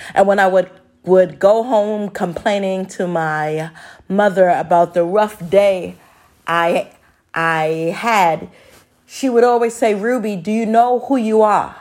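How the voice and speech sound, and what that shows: Adult woman speaking with stuttering: word and syllable repetitions and prolonged sounds broken by pauses. A severe stutter since childhood, persisting into adulthood.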